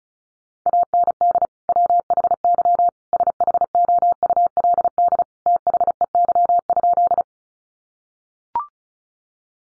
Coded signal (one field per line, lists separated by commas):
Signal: Morse code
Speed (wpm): 34 wpm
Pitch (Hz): 700 Hz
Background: none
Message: AND WHY SHOULD THEY?